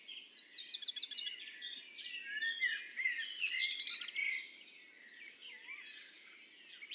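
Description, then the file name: Black redstart singing a quick rattled opening, then a harsh crackling, hissy passage ending in ticking notes, while soft fluty warbling runs in the background. Heard with common blackbird song; recorded at Le Puech on 5 June 2021. "chant de rougequeue noir de merle noir Le Puech"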